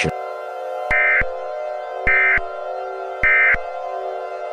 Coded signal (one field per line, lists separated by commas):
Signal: Emergency Alert System (SAME) tones